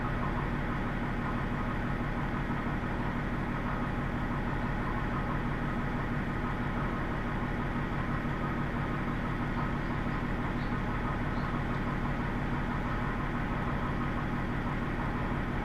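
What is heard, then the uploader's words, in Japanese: A Tenryū Hamanako Railway train runs between Miyakoda and Tenryū-Futamata, its engine giving a steady, dense, low rumble that holds unchanged for the whole stretch. A faint rapid pulsing runs through the bass, with a hiss above it and no distinct events. 天竜浜名湖鉄道 都田→天竜二俣。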